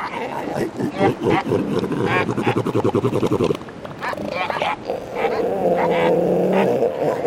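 Female elephant seals, mothers of newborn pups among hundreds crowded on a narrow beach below a cliff at Punta Hércules on the eastern coast at high tide, grunt in loud, rapid pulsing bursts, then give long, wavering, nasal bleats that overlap one another, with little pause between calls.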